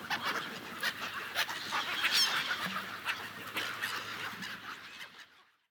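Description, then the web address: Gulls giving harsh cries in quick irregular bursts over a noisy background, ending abruptly. "best service Blue Box birds seagulls"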